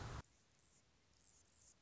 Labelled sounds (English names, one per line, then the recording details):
Anna's Hummingbird
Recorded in Sonoma County, California